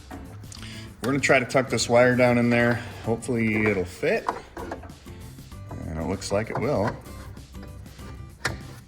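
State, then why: Seated. Someone talks while tucking the wire of a plastic-bodied Auxito LED headlight bulb down into the headlight housing of a 2015-2020 Ford F-150, with music playing underneath. The LED bulb or its connector is then pushed into place and seats with one sharp click at 8.5 s.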